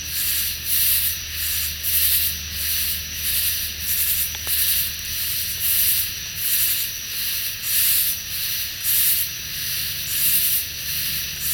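Katydid chorus with rhythmic high, raspy hissing bursts repeating over a faint steady whine.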